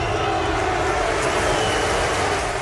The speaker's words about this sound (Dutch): Ja, het klinkt een beetje als de puntentelling bij het Eurovisie Songfestival. Boegeroep. Maar ook wel wat applaus. Een mix eigenlijk. Dus Ten Hag kreeg van alles over zich heen.